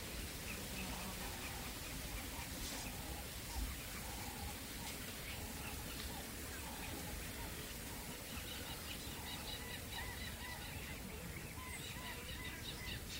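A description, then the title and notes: Waves lap against the shore in a steady, dense wash that holds at an even level throughout, with no large surges. Birds sing over it in short, repeated mid-pitched notes, joined by thin, bright chirps that grow busier in the second half. The soothing sounds of birds singing and waves lapping against the shore. This episode features only natural sounds with no dialogue or voice.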